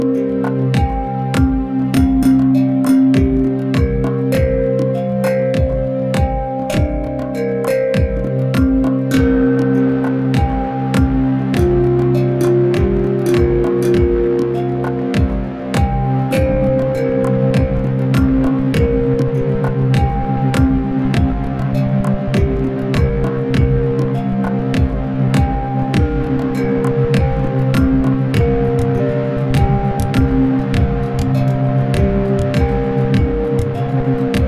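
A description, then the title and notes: Chimes ring in dense overlapping tones under a steady, fast run of sharp crushed clicks that strike several times a second for the whole 34 seconds. Low sustained notes hum underneath, and the pitches shift slowly, with a change near ten seconds. Kathmandu Chime Krusher. Chimes and bit crushers.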